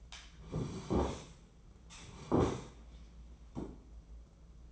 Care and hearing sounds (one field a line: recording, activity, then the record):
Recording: daily activity, microphone in the room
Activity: sit down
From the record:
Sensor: 1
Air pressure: 996.0 hPa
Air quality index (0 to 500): 236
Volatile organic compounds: 1000 ppm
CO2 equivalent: 6858 ppm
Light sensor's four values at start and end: 34/84/36/43 and 34/85/36/44